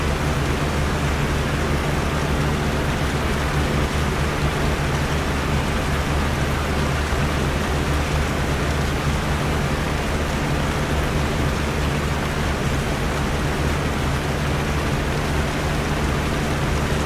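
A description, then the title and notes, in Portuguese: Rain and a fan combine into a thick, constant wash of hiss that never changes over the whole stretch. Beneath the fine rain patter, the fan adds a steady low hum with a few droning tones, loud throughout. Ruído branco de chuva + ventilador. Este áudio combinado de chuva e ventilador gera um ruído branco potente.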